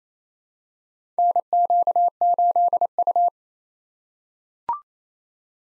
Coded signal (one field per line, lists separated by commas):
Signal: Morse code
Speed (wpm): 27 wpm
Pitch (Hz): 700 Hz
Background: none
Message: NQ8U